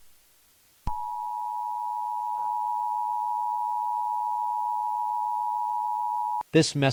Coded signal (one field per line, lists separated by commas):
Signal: Emergency Alert System (SAME) tones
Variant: 853 and 960 Hz attention tone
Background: speech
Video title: EAS Scenario #3: When The Palm Trees Shake